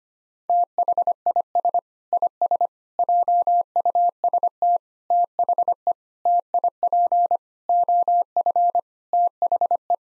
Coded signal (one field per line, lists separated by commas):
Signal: Morse code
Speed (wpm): 25 wpm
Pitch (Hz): 700 Hz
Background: none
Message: THIS IS JUST THE TIP OF THE